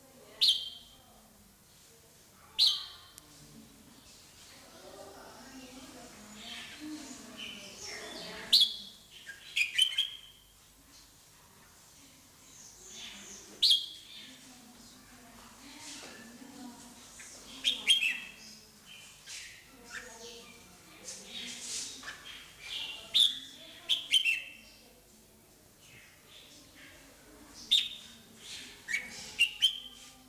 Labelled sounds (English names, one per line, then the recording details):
Red-whiskered Bulbul call
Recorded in captivity
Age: adult
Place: Zoo Berlin, Berlin, DE
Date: 2003-07-31 16:23
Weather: overcast, intermittent rain, 28°C
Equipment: Fair Mate ST-1328 (Asahi Electronics, Japan), Sennheiser ME 80, Kopie Uher 4000 Report Monitor
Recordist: Tembrock, Günter